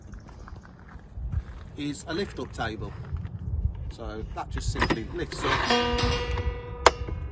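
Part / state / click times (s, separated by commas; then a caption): lift-up table flap on camper storage unit / seated / 6.9 s. Someone talks while a hinged lift-up table flap on the end of a storage unit in a custom micro camper conversion of a new-shape short-wheelbase Citroen Berlingo is raised. A single sharp, loud knock at 6.9 s marks its support locking the table in place.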